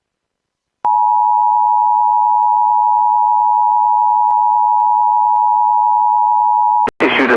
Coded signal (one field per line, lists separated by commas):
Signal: Emergency Alert System (SAME) tones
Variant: 853 and 960 Hz attention tone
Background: speech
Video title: EAS Alerts from WDFA-IP - 11/10/2020 (EAS# 210-219)